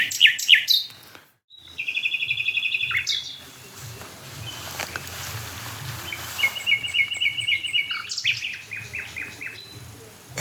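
Common Nightingale song: a few loud notes, a brief pause, then a rapid repeated series, later another rapid repeated phrase and further notes, with low background noise.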